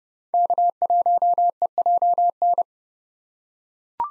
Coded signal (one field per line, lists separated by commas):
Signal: Morse code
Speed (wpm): 30 wpm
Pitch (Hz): 700 Hz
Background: none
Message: K1EJN